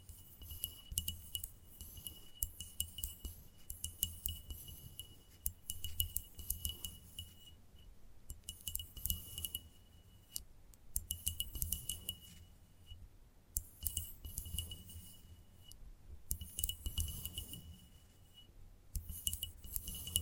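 Gentle tapping comes in quick, dense bursts of light clicks and clinks with a glassy edge and a steady ringing note behind them. Brief pauses break the bursts roughly every two to three seconds, and a soft low thudding runs underneath.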